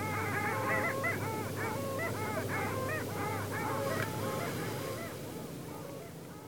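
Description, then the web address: Long-tailed ducks calling in a dense chorus, many overlapping nasal, yodelling notes rising and falling rapidly and continuously, over a steady low hum. Recorded at Wakkanai on 8 March 2016. "koe korigamo 160308 wakkanai hanada"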